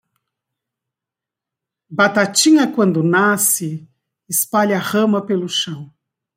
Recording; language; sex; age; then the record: short text; Brazilian Portuguese; female; 50 to 59 years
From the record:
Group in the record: control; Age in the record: 59 years